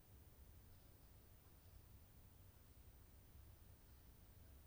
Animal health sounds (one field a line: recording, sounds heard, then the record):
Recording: poultry house recording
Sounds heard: no chicken sound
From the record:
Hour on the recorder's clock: 23